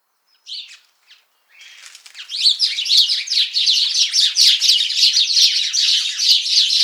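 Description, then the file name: House sparrow chirping: a few separate chirps, a brief pause, then a dense, steady chatter of rapid chirps. "Passer domesticus"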